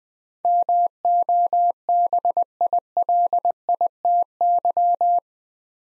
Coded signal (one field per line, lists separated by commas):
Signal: Morse code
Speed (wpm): 20 wpm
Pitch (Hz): 700 Hz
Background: none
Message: MOBILITY